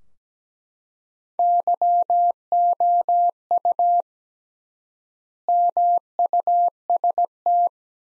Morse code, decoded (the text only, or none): YOU MUST